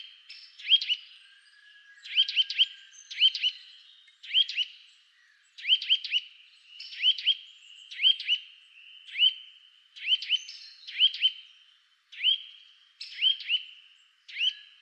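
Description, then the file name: Eurasian nuthatch giving clear rising whistles, often in rapid doubles or triples, groups spaced about a second apart. "Sitta europaea"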